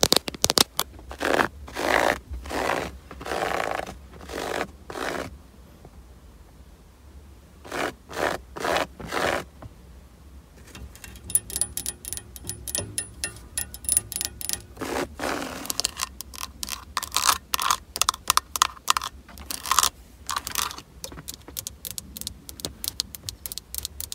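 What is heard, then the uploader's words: Tapping on a car lens, in bursts of sharp bright clicks. Slower separate taps fill the first half, with a short pause near eight seconds; from about eleven seconds the tapping turns faster and denser, nearly continuous, with a faint low rumble beneath throughout. ASMR FAST CAR TAPPING LENS TAPPING (OLDTIMER).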